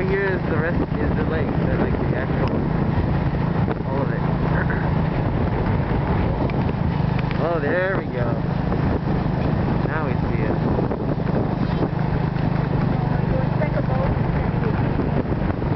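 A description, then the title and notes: A tuk-tuk ride, with the engine's low, steady drone running unbroken under the whole ride. Voices talk throughout, one rising more clearly just before the middle, while road and wind noise stay dense and even in the background. Tuk-tuk ride down to tonle sap ferry. Near siem reap.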